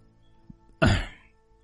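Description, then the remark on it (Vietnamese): A man clears his throat once before speaking to a gathered group: a single gruff throat clearing bursts out after a brief quiet lead-in, loud and raspy at first, then trailing off over about half a second. No speech accompanies it. “Đợi cho mọi người chú ý hết vào mình, ông ấy mới hắng giọng nói tiếp.”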